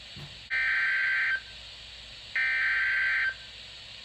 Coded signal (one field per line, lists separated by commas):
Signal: Emergency Alert System (SAME) tones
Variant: header bursts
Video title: SPAM OF SVR’S | EAS #71-76